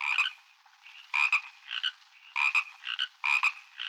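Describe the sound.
Frogs, two chirping in sharp clustered bursts of notes, repeated several times.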